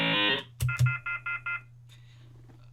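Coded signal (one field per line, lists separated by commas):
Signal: none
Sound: talking robot toy beeps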